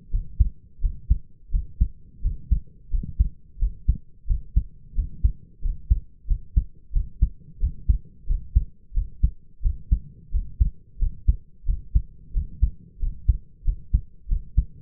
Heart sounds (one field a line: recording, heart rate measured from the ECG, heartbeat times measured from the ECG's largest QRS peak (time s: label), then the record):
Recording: heart sounds by stethoscope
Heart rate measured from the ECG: 89 bpm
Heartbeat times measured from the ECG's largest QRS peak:
0.11 s: heartbeat
0.81 s: heartbeat
1.51 s: heartbeat
2.22 s: heartbeat
2.90 s: heartbeat
3.59 s: heartbeat
4.27 s: heartbeat
4.95 s: heartbeat
5.61 s: heartbeat
6.27 s: heartbeat
6.92 s: heartbeat
7.60 s: heartbeat
8.26 s: heartbeat
8.94 s: heartbeat
9.62 s: heartbeat
10.31 s: heartbeat
10.98 s: heartbeat
11.65 s: heartbeat
12.33 s: heartbeat
12.99 s: heartbeat
13.64 s: heartbeat
14.28 s: heartbeat
From the record:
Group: healthy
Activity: rest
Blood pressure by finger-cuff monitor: 105/63 mmHg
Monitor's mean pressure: 74 mmHg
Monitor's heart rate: 88 bpm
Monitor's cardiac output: 6.4 L/min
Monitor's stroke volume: 73 mL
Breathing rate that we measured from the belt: 24 breaths a minute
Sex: male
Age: 22 years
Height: 181 cm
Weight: 60 kg